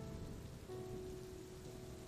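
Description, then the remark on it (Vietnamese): Heavy rain pours down under a grey sky in a steady, dense hiss, with low rumbling patter and a constant wash of drops beating on a surface, no voices present. “Ôi, mưa như thế này làm sao đi được?”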